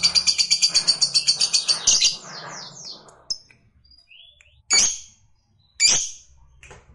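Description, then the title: Lovebird song: about two seconds of rapid, high chattering trill at several notes per second, then scattered sharp chirps and short squeaky notes. Fighter-type lovebird singing energetically (gacor). "SUARA Lovebird FIGHTER GACOR"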